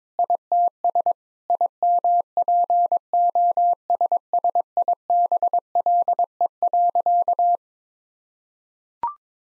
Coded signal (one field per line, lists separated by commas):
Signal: Morse code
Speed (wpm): 22 wpm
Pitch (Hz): 700 Hz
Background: none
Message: ITS IMPOSSIBLE.